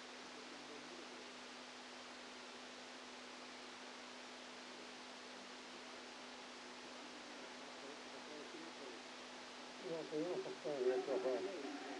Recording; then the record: brain microelectrode recording played as sound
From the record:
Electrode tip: outside the subthalamic nucleus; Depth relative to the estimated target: -10 mm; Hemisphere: left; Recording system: NeuroSet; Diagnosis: Parkinson's disease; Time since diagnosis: 13 years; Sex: male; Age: 49 years